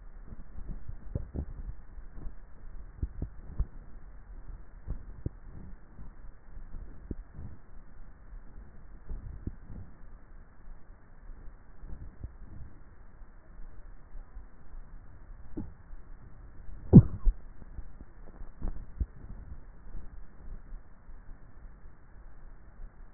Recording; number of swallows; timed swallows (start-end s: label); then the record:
swallowing sounds by neck microphone; 7
0.98-1.73 s: swallow
2.82-4.08 s: swallow
4.98-5.78 s: swallow
6.82-8.17 s: swallow
9.22-10.45 s: swallow
11.98-12.82 s: swallow
18.72-19.72 s: swallow
From the record:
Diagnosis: dysphagia